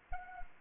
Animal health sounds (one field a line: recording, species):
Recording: mosquito wingbeat signal from an infrared sensor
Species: Anopheles gambiae